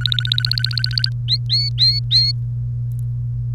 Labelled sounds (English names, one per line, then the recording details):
Domestic Canary song
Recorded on 1 May 2018 at 15:12
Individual llb3